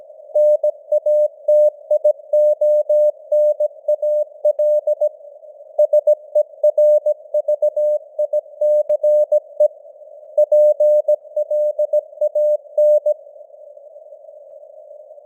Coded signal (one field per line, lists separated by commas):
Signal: Morse code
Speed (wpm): 17 wpm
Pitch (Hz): 600 Hz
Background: none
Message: NATIONAL SERVICE PLAN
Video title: Morse Code News | 2025-11-14 | 17wpm